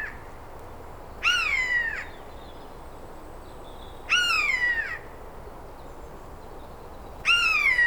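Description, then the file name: Eurasian jay giving three loud, nasal, falling mewing calls, each lasting under a second and spaced roughly three seconds apart. "Garrulus glandarius"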